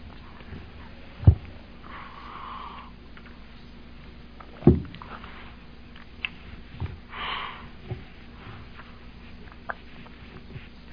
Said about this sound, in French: J'ai une sinusite aujourd'hui, ça paraît quand je parle? Non? Excusez si je renifle comme un mufle.